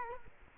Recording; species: mosquito wingbeat signal from an infrared sensor; Culex quinquefasciatus